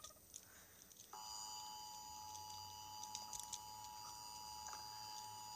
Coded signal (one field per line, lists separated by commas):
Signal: Emergency Alert System (SAME) tones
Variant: 853 and 960 Hz attention tone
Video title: EAS ckffkjgdkfkkfdk